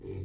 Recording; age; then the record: pig call; weaner (32 to 43 days)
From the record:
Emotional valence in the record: negative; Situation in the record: negative conditioning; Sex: female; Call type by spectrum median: low-frequency call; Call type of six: low-frequency stable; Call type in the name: low-frequency stable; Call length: 0.24 s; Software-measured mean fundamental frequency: 43 Hz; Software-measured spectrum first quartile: 97 Hz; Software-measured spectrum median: 219 Hz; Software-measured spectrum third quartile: 417 Hz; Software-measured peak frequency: 98 Hz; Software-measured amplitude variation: 130 dB a second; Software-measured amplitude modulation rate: 26.6 a second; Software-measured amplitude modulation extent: 4.9 dB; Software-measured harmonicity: 1.4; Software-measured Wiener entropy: 0.07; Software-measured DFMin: 923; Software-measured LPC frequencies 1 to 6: 372, 2333, 3439, 4176, 4788, 5231 Hz